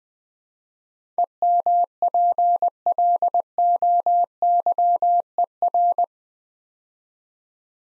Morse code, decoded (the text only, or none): EMPLOYER